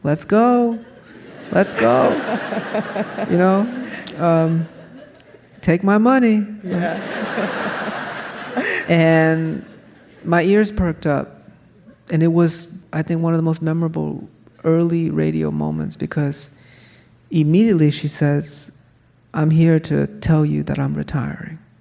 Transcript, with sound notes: Let's go, you know?
(LAUGHTER)
Take my money.
Yeah.
(LAUGHTER)
And my ears perked up. And it was, I think, one of the most memorable early radio moments because immediately she says, I'm here to tell you that I'm retiring.